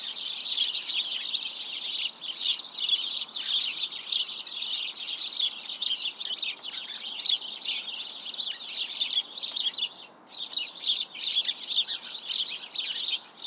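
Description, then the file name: House sparrow flock chirping continuously, a dense mass of cheeping calls with short lulls near the end before the chatter picks up again. "Passer domesticus"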